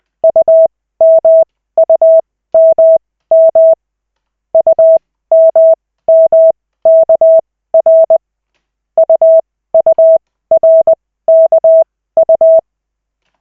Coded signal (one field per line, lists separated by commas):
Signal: Morse code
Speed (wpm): 20 wpm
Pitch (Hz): 650 Hz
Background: none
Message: UMUMM UMMKR UURKU